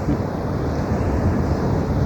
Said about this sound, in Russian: Мы можем с вами слышать океан и видеть в нем объект собственного наслаждения, место, в котором можно купаться.